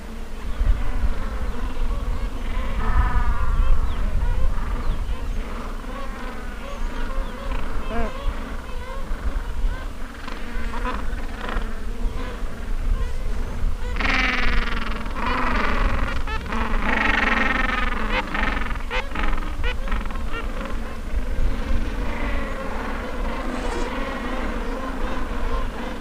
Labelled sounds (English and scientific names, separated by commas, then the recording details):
Gentoo Penguin (Pygoscelis papua)
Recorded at the colony at Sea Lion Island, on 19 December 2014
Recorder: Song Meter SM2+